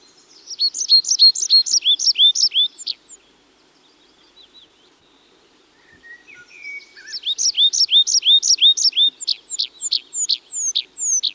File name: Tree Pipit (Anthus trivialis)